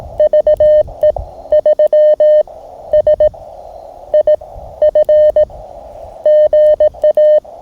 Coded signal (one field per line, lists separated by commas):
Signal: Morse code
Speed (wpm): 18 wpm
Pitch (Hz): 610 Hz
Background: none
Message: VE3SIF GA